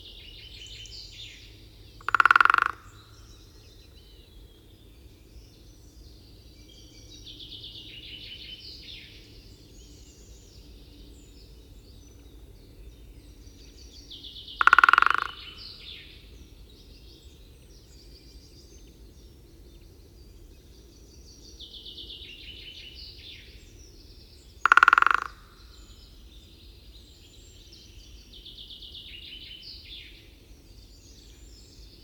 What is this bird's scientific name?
Dendrocopos major